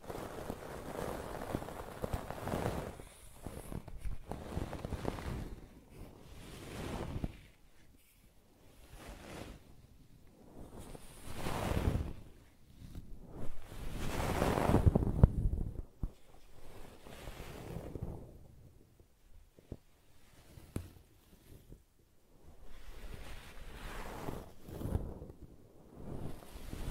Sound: ASMR Brushing and Scratching